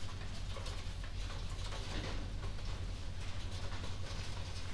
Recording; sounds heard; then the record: poultry house recording; no chicken sound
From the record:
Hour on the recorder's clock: 0